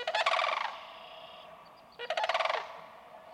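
Sandhill crane giving two loud, rolling, pulsed trumpeting calls about two seconds apart.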